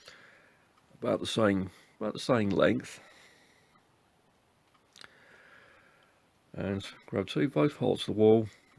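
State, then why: Not seated. Someone talks while handling a plastic pom pom maker, getting ready to pull both halves of its arm wall down to close onto the maker's central middle part, with a brief faint tick around 5.0 seconds during a quiet pause. The clip ends before the arm goes home, so nothing has seated or clicked yet.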